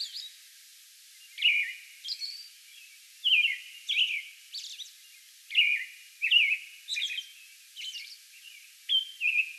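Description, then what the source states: American robin giving repeated caroled phrases mixed with higher chirping notes. Song bout recorded May 11.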